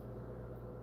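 A laser-cut MDF shelf is being handled and pressed toward its slots above another part of a miniature saloon model kit frame. Only a steady low hum with faint tonal bands is heard, with no sudden sounds. Nothing has seated or clicked yet.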